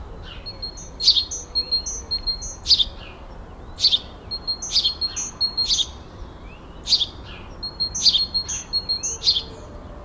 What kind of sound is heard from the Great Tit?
song